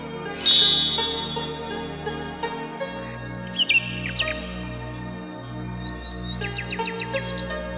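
A nightingale sings in high, clear whistles: a bright opening flourish, scattered chirps, then a quick run of trilled notes, all over a soft, steadily pulsing low musical backing.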